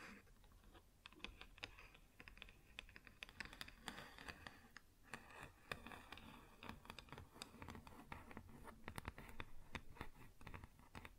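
Fingers tap and scratch on a wooden surface in a quick, uneven patter, the taps landing several times a second like typing. Small sharp clicks mix with a low rubbing scrape that runs underneath throughout, and the activity stays fairly steady from start to finish.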